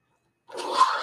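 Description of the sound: Brief rushing, hissing burst of air after a moment of silence: the cycle of a home mechanical ventilator.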